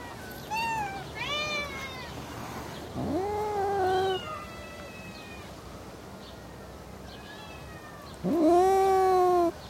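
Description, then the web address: Cats meowing in loud, drawn-out wails: a pair early on, a longer one soon after and a final strong howl near the end. Several cats in a suburban garden, one close, the others more distant. "cats in a suburban garden one close perspective others more distant"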